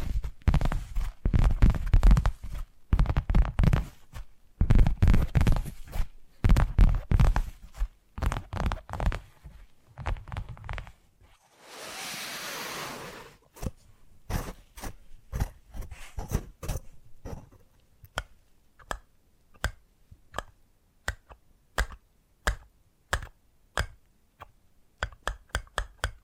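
Quick bursts of tapping run dense for about ten seconds, pause for a short steady hiss near twelve seconds, then return as sparser, sharper taps.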